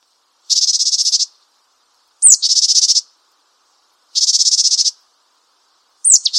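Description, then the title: Japanese tit calls: harsh pulsed buzzes alternate with phrases that open on a sharp, high, falling note before the buzz, repeated roughly every two seconds. "suara burung gelatik batu jepang"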